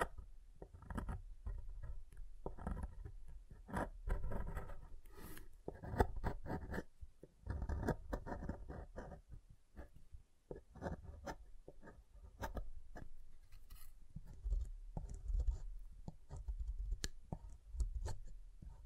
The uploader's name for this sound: SoftHard Soap Tapping and Carving